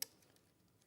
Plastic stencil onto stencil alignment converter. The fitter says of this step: snaps into place and that then puts the holes in exactly the right place on the stencil